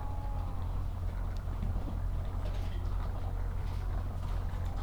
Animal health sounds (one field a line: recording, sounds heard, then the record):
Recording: poultry house recording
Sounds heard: sick chickens (respiratory disease)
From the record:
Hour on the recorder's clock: 8